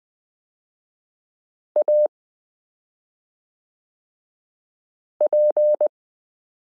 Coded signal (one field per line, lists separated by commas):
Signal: Morse code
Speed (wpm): 20 wpm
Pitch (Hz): 600 Hz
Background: none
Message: AP